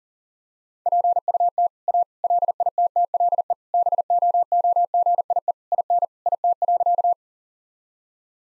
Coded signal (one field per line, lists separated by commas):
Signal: Morse code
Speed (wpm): 40 wpm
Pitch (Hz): 700 Hz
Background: none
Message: PUT A LITTLE BOOGIE IN IT.